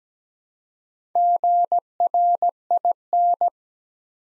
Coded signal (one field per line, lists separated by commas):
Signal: Morse code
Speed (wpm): 17 wpm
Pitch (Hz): 700 Hz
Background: none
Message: GRIN